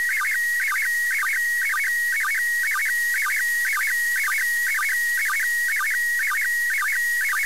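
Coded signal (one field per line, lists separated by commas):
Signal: SSTV (slow-scan television)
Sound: steady high whistle broken by short warbling chirps about twice a second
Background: radio static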